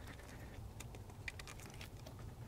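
On a 1994–2002 GM OBS Chevy/GMC truck with the 6.5L diesel and a remote-mounted PMD, the plastic extension harness connector, sprayed with silicone to help it slide, is pushed on a second try into the pump mounted driver (fuel solenoid driver) connector. Against a low steady hum and a few faint ticks, a sharp click sounds at 1.3 s. The connector is seated, with only a small shade of the blue lock still showing.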